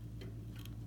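A DIY quick tension release lever on an old 14-inch Jet bandsaw's upper wheel tension mechanism is flipped back, held by an elastic band or scrunchie. Over a steady low hum, a brief tick comes at 0.2 s, then a sharp snap at 0.7 s as the lever seats into its locked position. The blade tension returns to exactly where it was before.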